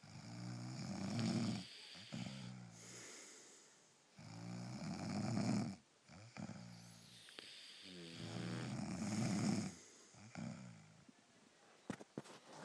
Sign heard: Snoring family.